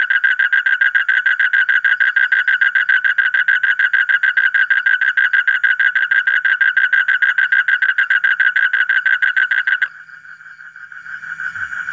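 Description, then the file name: Asian common toad trilling in a fast, even series of buzzy pulses for about ten seconds, then falling silent, leaving a faint hiss. "suara kodok bangkong kolong kodok buduk"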